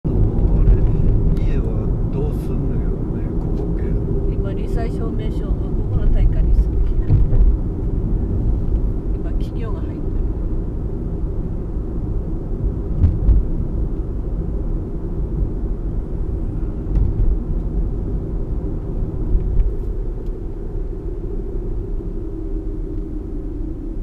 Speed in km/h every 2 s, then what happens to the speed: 52, 46, 42, 41, 42, 42, 42, 41, 41, 43, 40, 33.
0-5 slows to 41. 5-19 steady at about 42. 19-24 slows to 33.